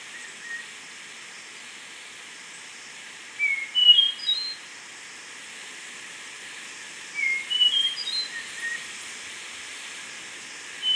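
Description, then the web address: Slaty-backed nightingale-thrush song: two phrases of soft, clear whistled notes stepping up and down in pitch, separated by a long pause, with steady background hiss. Ecuador. "Natures Songs S America Birds of Ecuador Slaty-backed Nightingale-Thrush"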